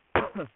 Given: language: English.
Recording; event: throat vibration sensor signal played as sound; cough